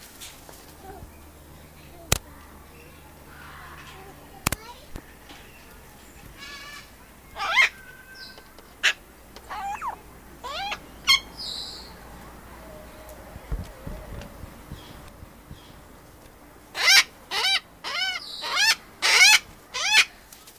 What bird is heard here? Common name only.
Greater Vasa Parrot